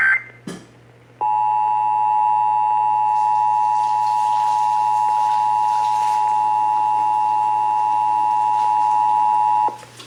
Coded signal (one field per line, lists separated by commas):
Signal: Emergency Alert System (SAME) tones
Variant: 853 and 960 Hz attention tone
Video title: (EAS #240) Severe Thunderstorm Warning (WBAP-AM)